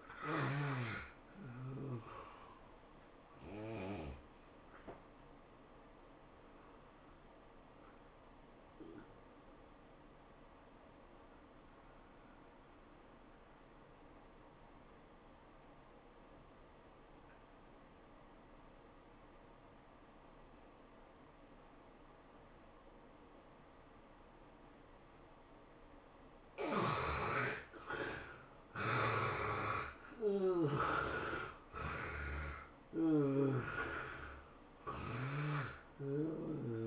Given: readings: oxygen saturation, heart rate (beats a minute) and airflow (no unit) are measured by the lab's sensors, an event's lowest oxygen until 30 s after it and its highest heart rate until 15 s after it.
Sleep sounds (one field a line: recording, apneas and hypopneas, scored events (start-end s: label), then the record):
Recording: breathing in sleep by a voice recorder at the bedside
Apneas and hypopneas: 1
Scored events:
8.00-28.60 s: obstructive apnea (N1, oxygen 96% highest, then 72% lowest, heart rate 104 at the start, 107 highest)
From the record:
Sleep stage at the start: N1 (lightest sleep)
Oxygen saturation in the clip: 71 to 96%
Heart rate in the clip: 94 to 106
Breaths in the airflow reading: 5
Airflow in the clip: -14.1 to 13.9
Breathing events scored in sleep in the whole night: 403 in 5.5 hours asleep